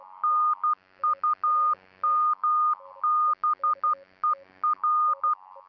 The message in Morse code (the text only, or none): NUMBER